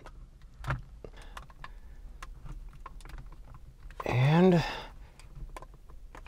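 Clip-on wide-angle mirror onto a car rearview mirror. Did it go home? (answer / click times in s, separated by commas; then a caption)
no / none. A clip-on wide-angle mirror with spring clips is stretched over a car's rearview mirror on a second attempt, giving small scattered ticks and handling taps while someone talks. Nothing clicks into place; the mirror is on but not seated well.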